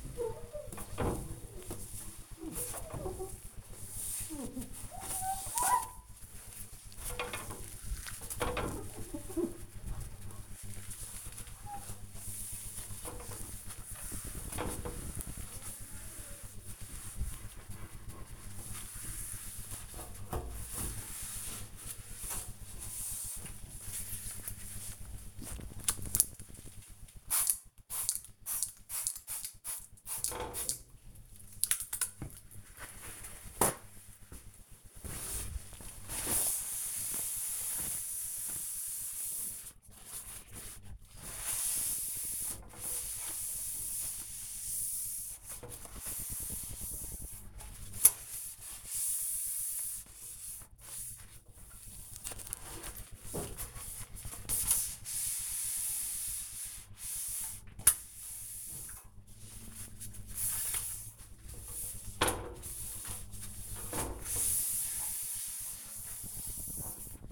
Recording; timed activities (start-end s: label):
household activities, microphone on the right wrist
0.00-67.32 s: bathroom cleaning (mirror)